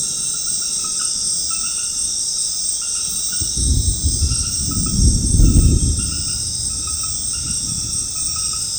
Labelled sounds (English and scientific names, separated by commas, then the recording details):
none
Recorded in secondary vegetation near Puerto Asís, Putumayo, Colombia, on 13 March 2025 at 21:30
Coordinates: 0.485, -76.322
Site G040